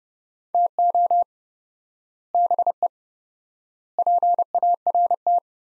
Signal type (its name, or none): Morse code